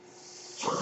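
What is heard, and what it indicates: A soft airy hiss swelling into a louder whoosh of air, a breath delivered by a mechanical ventilator.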